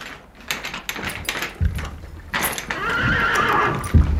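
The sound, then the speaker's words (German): A few sharp hoof clops sound on a hard surface, then a horse lets out a long, high, wavering whinny that rises and trembles before ending in a snort. “Dass wir die Pferde ihren Hafer richtig kriegen.”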